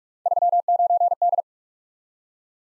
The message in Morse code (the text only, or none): 39D